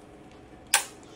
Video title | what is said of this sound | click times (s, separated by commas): UroPatient Podcast Episode 11: Urolift for BPH Treatment | we're going to put it on one side and you're going to hear that click as it fires it in | 0.7 s